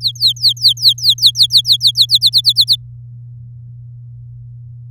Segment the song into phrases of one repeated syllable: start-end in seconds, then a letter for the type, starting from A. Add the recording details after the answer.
0.01-2.19 A, 2.21-2.76 B. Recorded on 7 May 2018 at 14:01. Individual llb16